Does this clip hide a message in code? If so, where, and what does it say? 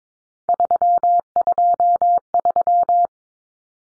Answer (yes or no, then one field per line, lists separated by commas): yes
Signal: Morse code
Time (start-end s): 0.5-3.1 s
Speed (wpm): 22 wpm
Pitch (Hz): 700 Hz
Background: none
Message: 323